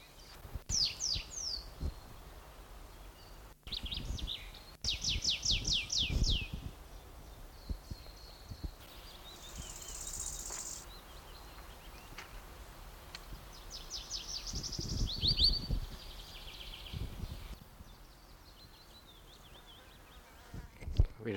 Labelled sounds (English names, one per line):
Tree Pipit